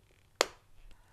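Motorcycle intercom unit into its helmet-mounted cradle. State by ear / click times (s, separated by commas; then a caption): seated / 0.4 s. A Cardo Scala Rider Freecom 4 motorcycle intercom unit is hooked into its plastic helmet-mounted cradle connector side first, then pressed firmly on the other side. It gives one sharp, bright click at 0.4 s, followed by a faint, softer tick near 0.9 s. The click shows the unit is seated and well connected in the cradle.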